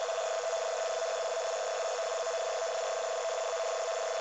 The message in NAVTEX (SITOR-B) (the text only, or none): CONTINUOUSLY. NNNN